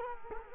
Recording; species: mosquito wingbeat signal from an infrared sensor; Culex quinquefasciatus